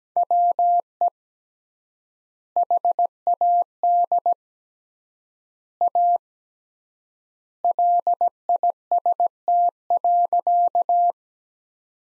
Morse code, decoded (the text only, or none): WE HAD A LIST.